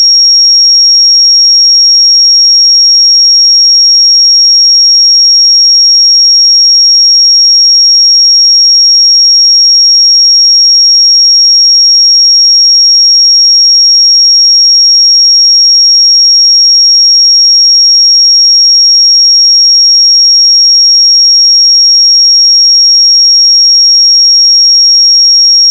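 A pure sine tone at 5582 Hz holds perfectly steady for the whole clip, a single thin, high, piercing pitch. Its loudness never changes, and there are no other sounds, no pauses and no background noise.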